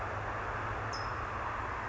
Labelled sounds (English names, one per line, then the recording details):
California Towhee
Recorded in Sonoma County, California